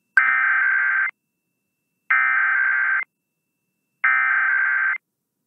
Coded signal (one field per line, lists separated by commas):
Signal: Emergency Alert System (SAME) tones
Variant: header bursts